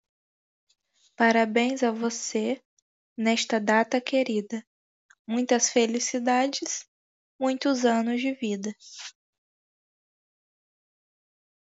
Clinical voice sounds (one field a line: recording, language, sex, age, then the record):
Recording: short text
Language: Brazilian Portuguese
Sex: female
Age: 18 to 19 years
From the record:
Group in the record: control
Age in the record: 18 years